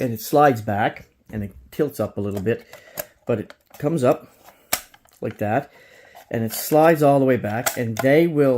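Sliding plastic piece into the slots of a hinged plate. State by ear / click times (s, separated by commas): not seated / none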